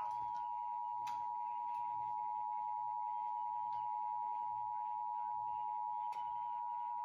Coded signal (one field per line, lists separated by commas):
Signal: Emergency Alert System (SAME) tones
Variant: 853 and 960 Hz attention tone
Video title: Considerable FFW on WFLO | Sage Relay (9/18/24) EAS #1334